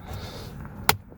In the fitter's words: push in and it'll snap into place